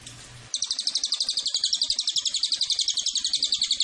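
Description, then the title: Cililin giving a sustained high, fast rattling trill of buzzy repeated notes, starting abruptly after low background hum. Lure recording (pancingan) and master recording of the Cililin. "MASTERAN SUARA BURUNG CILILIN BISA JUGA PANCINGAN CILILIN"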